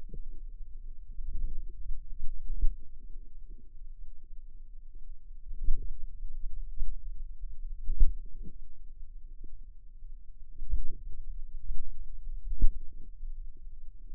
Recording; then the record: forearm muscle sounds (acoustic myography)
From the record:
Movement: pen grasping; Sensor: system 2, bracelet of six BSWA MPA416 microphones around the upper forearm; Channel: 2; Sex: female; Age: 22 years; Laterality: right